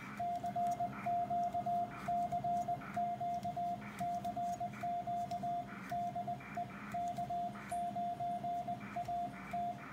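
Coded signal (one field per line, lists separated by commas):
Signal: Morse code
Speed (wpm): 19 wpm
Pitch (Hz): 700 Hz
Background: radio noise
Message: CQ CQ CQ DE K9AT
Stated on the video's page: CW sent with a homemade touch-sensitive paddle keyer.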